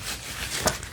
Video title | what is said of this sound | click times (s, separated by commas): Stihl KM 111R - Drive Shaft Replacement | So that's snapped in there now. | 0.8 s